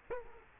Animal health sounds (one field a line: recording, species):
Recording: mosquito wingbeat signal from an infrared sensor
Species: Culex quinquefasciatus